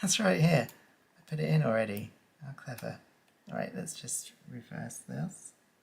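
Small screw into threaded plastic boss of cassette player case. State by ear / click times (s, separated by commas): not seated / none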